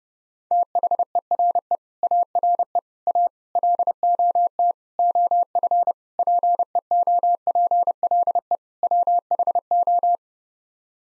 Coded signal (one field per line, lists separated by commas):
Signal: Morse code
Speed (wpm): 30 wpm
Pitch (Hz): 700 Hz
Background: none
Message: THERE ARE A LOT OF PEOPLE WHO